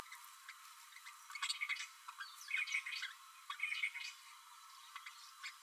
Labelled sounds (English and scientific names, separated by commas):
Green-rumped Parrotlet (Forpus passerinus) babbling